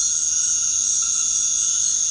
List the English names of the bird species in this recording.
none